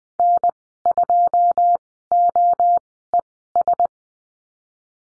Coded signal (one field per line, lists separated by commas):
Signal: Morse code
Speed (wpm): 20 wpm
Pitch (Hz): 700 Hz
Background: none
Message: N2OES